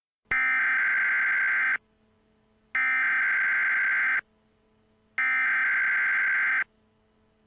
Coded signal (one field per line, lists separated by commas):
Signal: Emergency Alert System (SAME) tones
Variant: header bursts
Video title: EAS Scenario - Chemical Accident